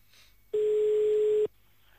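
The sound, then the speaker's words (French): A single steady telephone line tone, low-pitched and loud, holds for about a second against a faint hiss while calling someone back, then cuts off abruptly, leaving quiet line noise. “Oui, on va le rappeler.”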